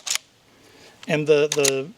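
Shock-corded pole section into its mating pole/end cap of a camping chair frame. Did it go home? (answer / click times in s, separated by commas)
yes / 0.1 s, 0.2 s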